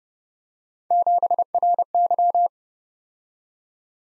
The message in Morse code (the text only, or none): 7RY